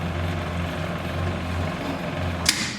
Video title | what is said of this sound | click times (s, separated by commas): Controlled Acess Setup | going to go ahead and send a signal to the turnstile it's gonna click and allow me to code through now | 2.5 s